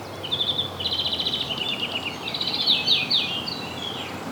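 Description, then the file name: European greenfinch song: rapid trilled and twittering phrases around mid-high pitch, fast buzzy rattles running together, ending in sharper twitters; faint background hiss. "Chloris chloris"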